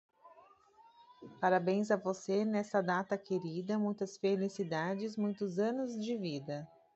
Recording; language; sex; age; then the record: short text; Brazilian Portuguese; female; 40 to 49 years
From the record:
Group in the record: control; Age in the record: 41 years